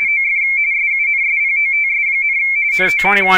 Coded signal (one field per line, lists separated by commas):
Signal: RTTY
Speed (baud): 45.45 baud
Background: speech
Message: OF SUNSPOTS, NOT